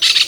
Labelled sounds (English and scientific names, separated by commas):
Brown-throated Parakeet (Eupsittula pertinax) contact call